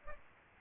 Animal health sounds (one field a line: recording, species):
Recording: mosquito wingbeat signal from an infrared sensor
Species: Aedes aegypti